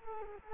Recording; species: mosquito wingbeat signal from an infrared sensor; Culex quinquefasciatus